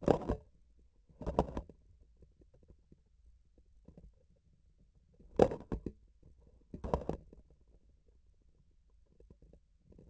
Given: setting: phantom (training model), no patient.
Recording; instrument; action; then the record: laparoscopic instrument, vibration sensor on the handle end; grasping forceps; opening and closing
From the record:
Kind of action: tool actuation without material contact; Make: other than Olympus